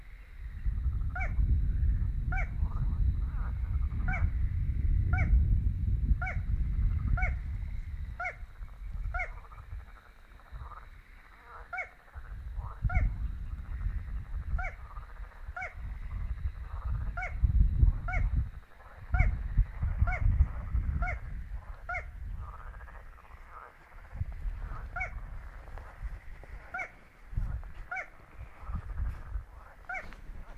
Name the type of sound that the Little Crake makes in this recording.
song